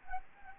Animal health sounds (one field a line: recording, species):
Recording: mosquito wingbeat signal from an infrared sensor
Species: Anopheles arabiensis